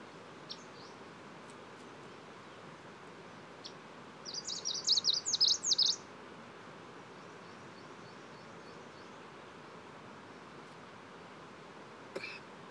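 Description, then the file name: Ludlowi: bird singing a quick burst of high, sharp, tinkling notes lasting under two seconds, with a few faint high calls before and a click near the end. Song recorded on 9 July 2016. "ludlowi song 160709"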